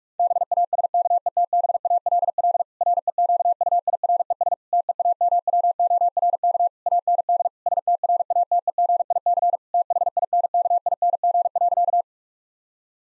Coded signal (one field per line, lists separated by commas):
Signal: Morse code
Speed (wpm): 46 wpm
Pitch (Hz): 700 Hz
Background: none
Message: BASKETBALL REQUIRES TEAMWORK AND STRATEGIC THINKING.